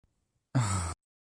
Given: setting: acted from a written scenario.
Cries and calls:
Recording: vocal sound without words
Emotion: relief

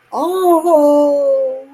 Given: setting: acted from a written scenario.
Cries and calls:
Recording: vocal sound without words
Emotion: ecstasy

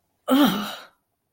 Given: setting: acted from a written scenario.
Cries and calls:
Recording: vocal sound without words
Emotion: disgust

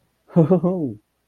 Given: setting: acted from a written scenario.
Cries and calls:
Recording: vocal sound without words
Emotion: positive surprise

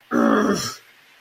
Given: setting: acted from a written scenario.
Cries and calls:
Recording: vocal sound without words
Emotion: anger

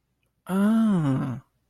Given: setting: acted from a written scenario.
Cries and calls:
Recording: vocal sound without words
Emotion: realization

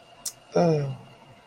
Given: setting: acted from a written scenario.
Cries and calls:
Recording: vocal sound without words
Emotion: desire

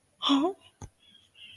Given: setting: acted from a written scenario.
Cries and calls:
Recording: vocal sound without words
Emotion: disappointment

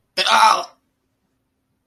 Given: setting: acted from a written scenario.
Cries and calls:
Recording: vocal sound without words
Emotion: distress

